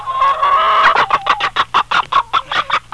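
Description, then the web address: Chicken clucking: a drawn-out note followed by a rapid run of short, evenly spaced clucks. "Geek-006. CHICKEN 1"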